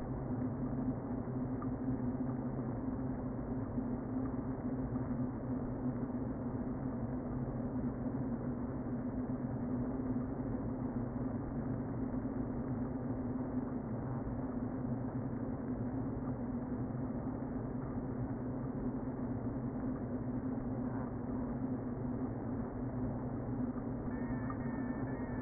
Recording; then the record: honeybee colony, microphone inside the hive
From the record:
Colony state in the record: queen present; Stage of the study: before two queens were removed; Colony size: about 60,000 bees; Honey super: yes